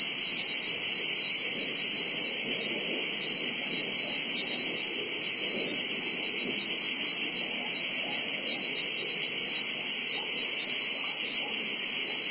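Cicadas keep up a long, continuous shrill buzzing with slight flickers in the tone, never pausing.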